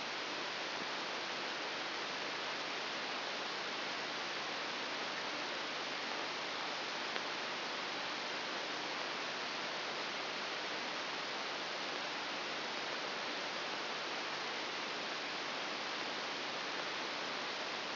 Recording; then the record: brain microelectrode recording played as sound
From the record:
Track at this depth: inside the subthalamic nucleus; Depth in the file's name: 1.007 mm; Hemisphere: right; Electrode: 3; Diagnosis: Parkinson's disease